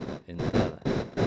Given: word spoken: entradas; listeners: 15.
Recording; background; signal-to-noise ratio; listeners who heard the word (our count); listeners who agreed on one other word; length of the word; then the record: one Spanish word in noise, from a listening test; noise modulated by one talker; -11.1 dB; 5 of 15; 6 of 15; 0.87 s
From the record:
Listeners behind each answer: 6, 5, 1, 1, 1, 1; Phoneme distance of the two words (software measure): 7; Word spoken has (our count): 3 syllables, 8 phonemes, stress on syllable 2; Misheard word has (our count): 3 syllables, 7 phonemes, stress on syllable 2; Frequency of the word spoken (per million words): 22.07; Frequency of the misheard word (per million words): 117.69